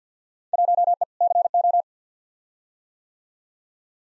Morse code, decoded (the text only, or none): 1E CO